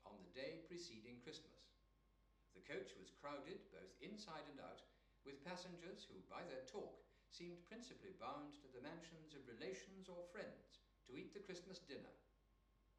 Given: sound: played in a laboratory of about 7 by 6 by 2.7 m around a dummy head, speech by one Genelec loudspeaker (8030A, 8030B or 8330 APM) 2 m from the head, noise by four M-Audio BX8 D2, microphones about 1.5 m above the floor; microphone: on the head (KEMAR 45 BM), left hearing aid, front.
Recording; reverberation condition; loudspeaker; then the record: male speech in English; medium; 30 degrees to the left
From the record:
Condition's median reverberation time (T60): about 510 ms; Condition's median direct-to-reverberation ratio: about -0.5 dB